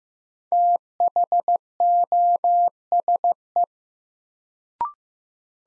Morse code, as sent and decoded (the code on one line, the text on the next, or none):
- .... --- ... .
THOSE